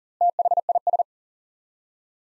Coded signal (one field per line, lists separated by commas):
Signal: Morse code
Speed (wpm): 40 wpm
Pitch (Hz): 700 Hz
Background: none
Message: THIS